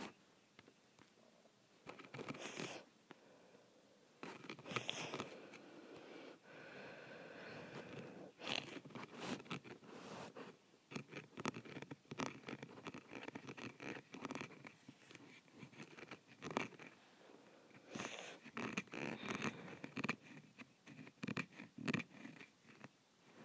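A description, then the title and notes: Scratching on a window comes in irregular bursts of raspy, bright strokes, some sharp clicks, with brief pauses between clusters throughout. ASMR Scratching my Window.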